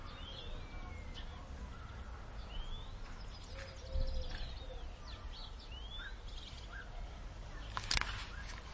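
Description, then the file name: European greenfinch calls: a few short rising whistled notes spaced a few seconds apart, over a steady low rumble, with a sharp click near the end. "Chloris chloris"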